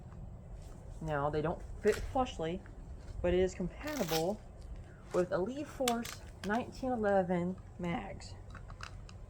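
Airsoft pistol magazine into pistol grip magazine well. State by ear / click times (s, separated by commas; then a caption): seated / 8.8 s. Someone talks while a Lee Force 1911 gas magazine, made for a different 1911 model, is pushed into the grip magazine well of an airsoft pistol. It does not sit flush, but a sharp click at 8.8 s marks it locking in and seating.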